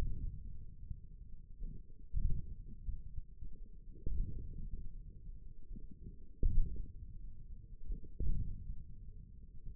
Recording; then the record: forearm muscle sounds (acoustic myography)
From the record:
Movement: ulnar deviation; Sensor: system 1, eight BSWA MPA416 microphones around the upper forearm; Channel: 2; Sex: male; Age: 28 years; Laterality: right